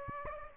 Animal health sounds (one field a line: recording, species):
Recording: mosquito wingbeat signal from an infrared sensor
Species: Aedes aegypti